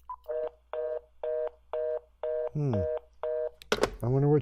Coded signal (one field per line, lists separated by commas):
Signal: telephone call progress tone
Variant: North America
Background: speech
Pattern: reorder tone